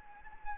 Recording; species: mosquito wingbeat signal from an infrared sensor; Anopheles gambiae